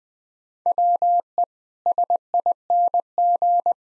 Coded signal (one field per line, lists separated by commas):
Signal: Morse code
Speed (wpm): 20 wpm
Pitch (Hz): 700 Hz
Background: none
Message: WE SING